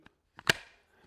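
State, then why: Seated. A pistol is pushed into a cheap polymer holster with passive retention. Faint taps are followed by a sharp click at 0.5 s, as the pistol seats and is held in place. A brief faint tick follows near 1.1 s.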